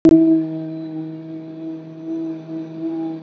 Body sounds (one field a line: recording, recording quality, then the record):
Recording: sustained vowel as in boot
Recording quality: excellent, no background noise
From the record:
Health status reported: recovered from COVID-19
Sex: male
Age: 25 years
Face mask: worn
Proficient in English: yes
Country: India